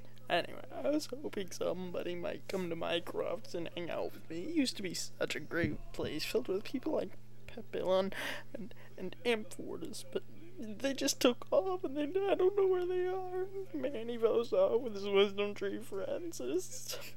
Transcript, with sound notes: Anyway, I was hoping somebody might come to Mycroft's and hang out with me, it used to be such a great place filled with people like Papillon and Amfortas but they just took off [unintelligible sobbing] I don't know where they are, Manivo's off with his Wisdom Tree friends, it's...